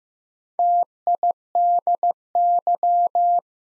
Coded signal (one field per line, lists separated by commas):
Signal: Morse code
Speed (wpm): 15 wpm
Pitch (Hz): 700 Hz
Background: none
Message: TIDY